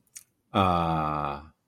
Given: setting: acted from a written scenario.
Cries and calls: vocal sound without words; contentment

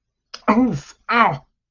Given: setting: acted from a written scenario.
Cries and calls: vocal sound without words; pain

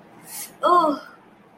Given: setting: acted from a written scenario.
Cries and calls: vocal sound without words; confusion

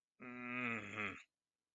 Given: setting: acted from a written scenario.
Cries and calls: vocal sound without words; disappointment

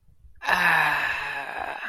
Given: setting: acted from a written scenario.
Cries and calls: vocal sound without words; embarrassment

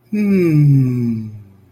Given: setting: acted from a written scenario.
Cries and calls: vocal sound without words; serenity

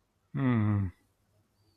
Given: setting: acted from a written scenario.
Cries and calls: vocal sound without words; neutral

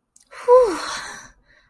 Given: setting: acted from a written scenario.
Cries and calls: vocal sound without words; desire

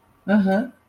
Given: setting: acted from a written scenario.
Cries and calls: vocal sound without words; neutral

